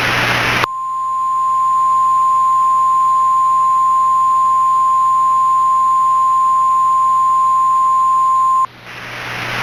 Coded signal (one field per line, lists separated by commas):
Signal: Emergency Alert System (SAME) tones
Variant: 1050 Hz attention tone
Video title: (EAS MOCK) "Lock your doors."